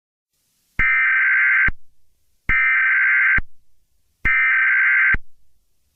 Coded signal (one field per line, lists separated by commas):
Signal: Emergency Alert System (SAME) tones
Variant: header bursts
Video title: EAS Scenario #7: Great Terror Attack of The 🇬🇧.